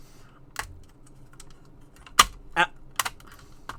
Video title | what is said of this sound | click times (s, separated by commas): Agora models 1/16 scale Leopard 2A6 Main Battle Tank partwork kit pack 4 build stages 25 through 33. | so we've got those done, and now we're going to snap on this piece of upper hull. | 3.0 s